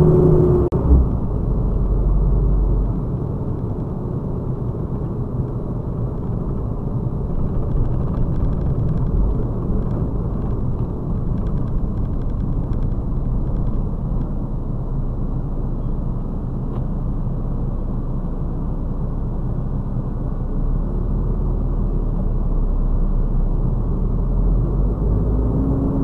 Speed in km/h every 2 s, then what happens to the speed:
37, 35, 33, 31, 28, 19, 10, 0, 0, 0, 0, 7, 13.
0-14 slows to 0. 14-21 standing. 21-26 pulls away to 13.